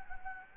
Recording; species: mosquito wingbeat signal from an infrared sensor; Anopheles gambiae